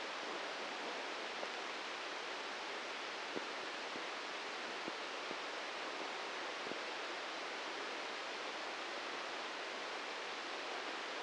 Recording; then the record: brain microelectrode recording played as sound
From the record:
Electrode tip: inside the subthalamic nucleus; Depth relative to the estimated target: 3 mm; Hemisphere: left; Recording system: NeuroSet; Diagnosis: Parkinson's disease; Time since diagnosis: 15 years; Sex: male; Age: 65 years